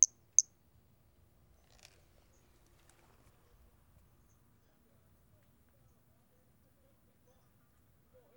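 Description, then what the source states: Pumpkin toadlet giving two quick high chirps in succession at the start, then a faint note and quiet for the rest. 4 February 2016.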